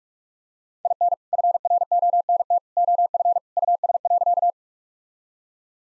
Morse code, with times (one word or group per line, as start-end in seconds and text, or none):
0.8-1.1 IN
1.3-2.6 FRONT
2.8-3.4 OF
3.6-4.5 US.